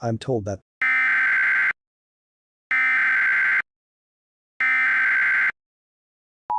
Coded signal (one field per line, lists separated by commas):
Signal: Emergency Alert System (SAME) tones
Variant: header bursts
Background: speech